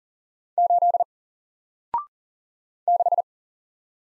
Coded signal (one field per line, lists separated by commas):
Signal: Morse code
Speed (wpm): 39 wpm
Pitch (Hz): 700 Hz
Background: none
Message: 8 6